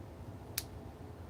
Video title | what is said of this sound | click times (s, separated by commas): LIVE Stream: Turning a Cobalt Blue and Maple Burl Hybrid Editor Pen | Ooh, nice click. | 0.6 s